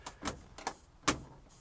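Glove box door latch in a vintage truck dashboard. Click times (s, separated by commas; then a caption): 0.6 s, 0.7 s. On a 1954 Chevrolet 1300 half-ton 3-speed pickup, the latch button on the metal glove box door in the dashboard is pressed and the door is pushed shut, because it will not lock into place unless the button is pressed. After soft taps near 0.1 s and 0.3 s, sharp metallic latch clicks come at 0.6 s and 0.7 s, followed by a louder knock at about 1.1 s. The glove box door latches shut and locks.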